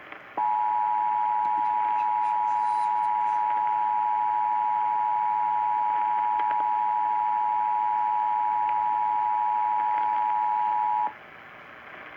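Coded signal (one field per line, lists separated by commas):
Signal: Emergency Alert System (SAME) tones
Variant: 853 and 960 Hz attention tone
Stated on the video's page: Real EAS thunderstorm alerts.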